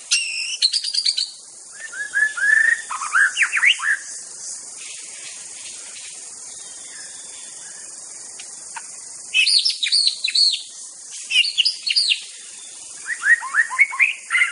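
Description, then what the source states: White-rumped shama song in separate bursts: rich whistles, quick rising and falling slurs and high chattering notes, with pauses between phrases and a constant high insect drone. Wild bird recorded in forest.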